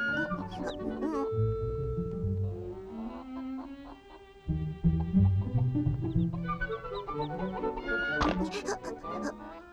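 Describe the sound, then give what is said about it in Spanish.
A mother hen clucks in short, repeated calls, summoning her chick, mixed with busy tonal music and bursts of voices throughout. “Será mejor que te escondas o los pollitos se comerán. Tengo que irme, Fideo. Mamá está llamándome.”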